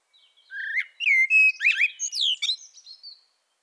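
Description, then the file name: Common blackbird song phrase: a rising fluted note, a steady clear whistle, then tumbling warbles sliding into a thin, high squeaky twitter. "Turdus merula"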